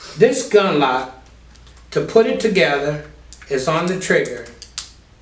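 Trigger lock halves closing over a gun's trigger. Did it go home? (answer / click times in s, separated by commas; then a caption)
yes / 4.8 s. Someone talks while the two halves of a trigger lock are put together over a gun's trigger and pushed closed. A sharp click is heard at 4.8 seconds as the lock seats closed with its ratcheting clicks, after which the key can be removed.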